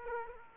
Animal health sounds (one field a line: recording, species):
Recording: mosquito wingbeat signal from an infrared sensor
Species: Aedes aegypti